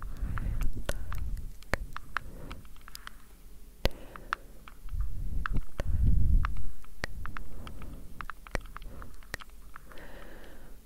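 Soft breathing rises and falls in low, airy swells, strongest around the start and again near six seconds. Light, sharp taps and clicks scatter irregularly throughout, several per second at times, with a faint hiss underneath.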